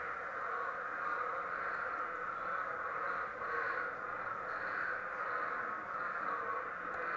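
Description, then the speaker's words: Spadefoot toads in a dense breeding chorus, many overlapping calls merging into a continuous roaring wash. Explosive breeders that all emerge and breed quickly at the same time, so rarely heard singly or in pairs; no territoriality. "It's very rare that you hear one spade foot out there or just a couple, because again, they are explosive breeders."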